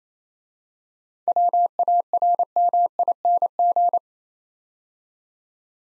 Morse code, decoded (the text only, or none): WARMING